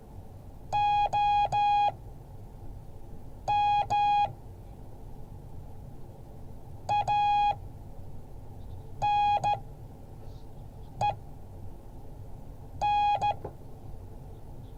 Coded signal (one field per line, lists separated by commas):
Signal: Morse code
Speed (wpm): 14 wpm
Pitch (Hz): 830 Hz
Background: none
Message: OM ANEN